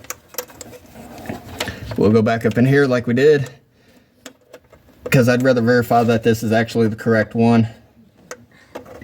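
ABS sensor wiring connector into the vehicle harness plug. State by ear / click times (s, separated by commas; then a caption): not seated / none. While fitting a new ABS wheel speed sensor, the plastic electrical connector of the sensor wiring is handled up behind the panel toward the mating vehicle harness plug, with short sharp handling clicks and rattles around someone talking. Nothing has seated or clicked in yet.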